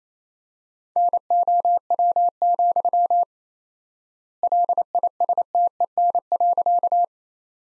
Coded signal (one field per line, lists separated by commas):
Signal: Morse code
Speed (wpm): 28 wpm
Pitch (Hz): 700 Hz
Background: none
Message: NOW, LISTEN.